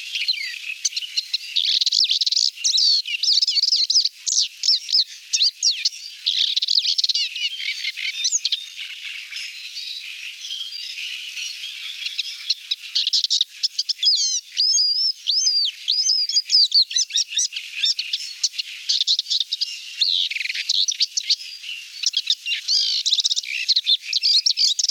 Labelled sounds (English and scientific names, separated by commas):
Paddyfield Warbler (Acrocephalus agricola) song